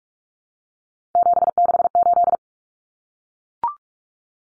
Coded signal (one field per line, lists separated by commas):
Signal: Morse code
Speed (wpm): 44 wpm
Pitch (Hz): 700 Hz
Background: none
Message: 768